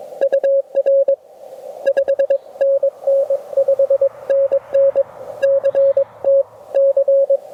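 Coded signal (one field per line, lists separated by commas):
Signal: Morse code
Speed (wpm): 22 wpm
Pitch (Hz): 550 Hz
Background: radio noise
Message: UR 5NN 5NN CT C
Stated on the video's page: Parks on the Air activation using a Venus SW-3B with battery and key.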